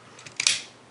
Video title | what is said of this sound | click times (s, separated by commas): Review FR - Knockoff Baxinger - MotorJumbo | cette gamme en fait qu'il va venir se clipser voilà | 0.4 s